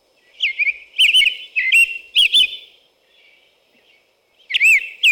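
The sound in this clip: American robin singing a few cheery, whistled caroling phrases with thin high overtones, a quiet stretch, then one more phrase at the end.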